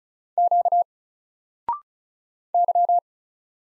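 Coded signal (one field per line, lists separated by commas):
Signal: Morse code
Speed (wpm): 36 wpm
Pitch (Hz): 700 Hz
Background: none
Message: Q Y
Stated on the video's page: Morse practice of single letters at 35 wpm, each letter sent, then spoken, then sent again.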